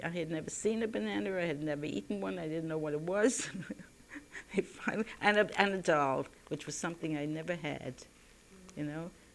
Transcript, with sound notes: I had never seen a banana, I had never eaten one, I didn't know what it was. [She laughs] I finally, and a, and a doll, which was something I never had. You know?